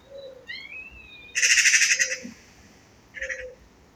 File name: Pica pica